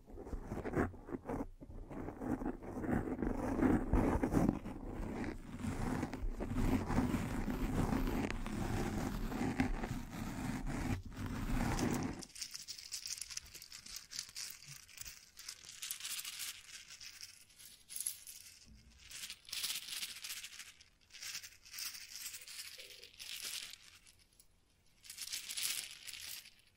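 Microphone brushing and scratching, dense and rough for the first twelve seconds, with low rumbling rubs and sharp clicks. After that it thins into lighter, brighter scratches and hissing strokes that come in irregular bursts, with short gaps between them.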